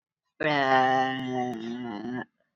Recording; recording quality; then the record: sustained vowel as in made; poor, much background noise or distortion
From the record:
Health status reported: COVID-19 positive, mild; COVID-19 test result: positive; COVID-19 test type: RT-PCR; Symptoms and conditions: cough, cold, fever, fatigue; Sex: female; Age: 33 years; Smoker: no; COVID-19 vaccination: both doses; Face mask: not worn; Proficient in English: yes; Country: India